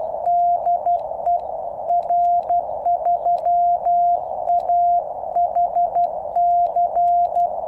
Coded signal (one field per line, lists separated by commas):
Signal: Morse code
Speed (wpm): 12 wpm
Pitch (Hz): 700 Hz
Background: none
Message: DE R3AHC